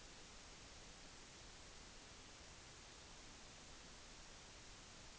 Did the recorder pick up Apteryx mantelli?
no